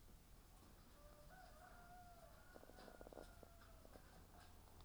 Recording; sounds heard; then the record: poultry house recording; sick chickens (respiratory disease)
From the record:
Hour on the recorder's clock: 10